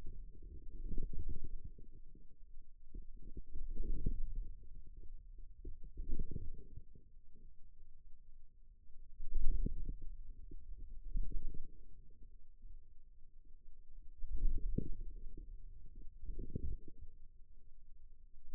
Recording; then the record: forearm muscle sounds (acoustic myography)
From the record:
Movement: wrist extension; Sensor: system 2, bracelet of six BSWA MPA416 microphones around the upper forearm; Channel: 5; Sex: male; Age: 22 years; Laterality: right